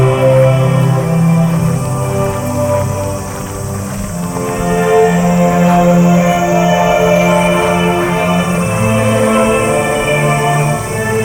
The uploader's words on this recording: Field-recorded at Yasukuni Shrine, Tokyo. An arranged ambient track by kaolu_euphony from the sound materials field-recorded at several places in Tokyo.